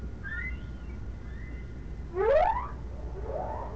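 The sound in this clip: Whale call: one quick upward-sweeping whoop midway, preceded by faint thin whistles and followed by a soft rising tail.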